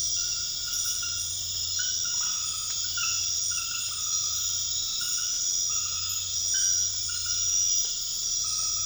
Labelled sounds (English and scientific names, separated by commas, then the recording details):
none
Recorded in dense forest near Puerto Asís, Putumayo, Colombia, on 9 March 2025 at 23:00
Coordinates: 0.484, -76.325
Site G045